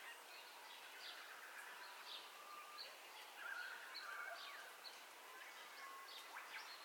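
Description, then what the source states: Birds calling in a dawn chorus, overlapping chirps and whistles with a brief trill in the middle, steady hiss behind. Dawn ambience with birdcalls, recorded in stereo.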